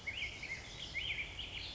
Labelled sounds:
Black-headed Grosbeak (Pheucticus melanocephalus)
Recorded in Sonoma County, California

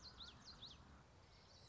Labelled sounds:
Common Yellowthroat (Geothlypis trichas)
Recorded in Sonoma County, California

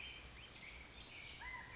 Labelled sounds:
California Towhee (Melozone crissalis)
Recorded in Sonoma County, California

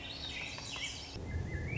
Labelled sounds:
Swainson's Thrush (Catharus ustulatus)
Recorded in Sonoma County, California

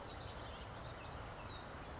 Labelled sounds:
Western Flycatcher (Empidonax difficilis)
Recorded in Sonoma County, California

